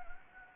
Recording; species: mosquito wingbeat signal from an infrared sensor; Anopheles gambiae